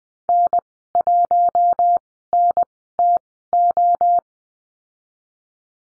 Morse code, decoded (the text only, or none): N1NTO